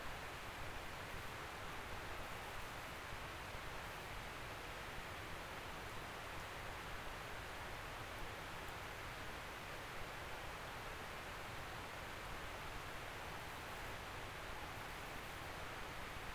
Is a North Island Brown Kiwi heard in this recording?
no